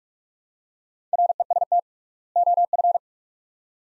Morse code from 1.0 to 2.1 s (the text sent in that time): REST